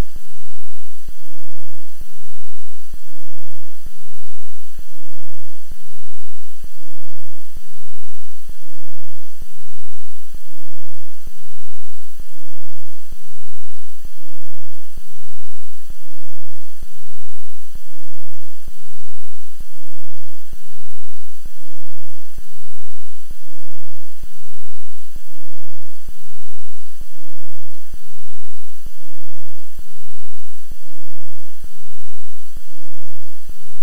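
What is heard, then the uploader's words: A steady hiss of bright noise with faint low hum throbs in slow, even pulses, about one every two seconds, for the whole stretch. 0.54 Hz "DELTA".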